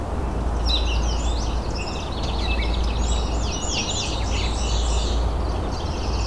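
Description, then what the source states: Gray Catbird singing a rapid medley of varied chirps and slurred squeaky notes, over constant low rumbling background noise. Calling close to the recordist.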